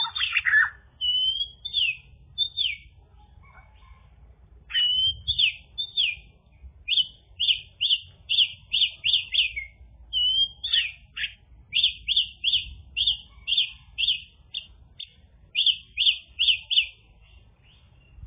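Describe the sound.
Bird song: a long series of quick high chirped phrases repeated in a regular rhythm, with a faint low rumble beneath.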